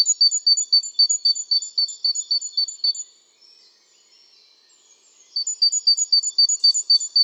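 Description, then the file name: Great tit call series of quick, high, regularly spaced notes, a quiet gap of faint twitter, then the rapid repeated notes return. "Parus major"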